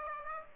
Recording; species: mosquito wingbeat signal from an infrared sensor; Aedes aegypti